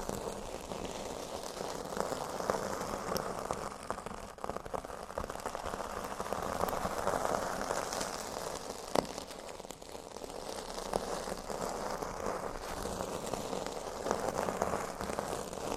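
Metal scrubbers are crunched, rolled and squeezed in a dense, continuous crinkling that swells and eases in slow waves. Sharper clicks poke through now and then, one especially loud snap near nine seconds, over a steady gritty hiss resembling rain.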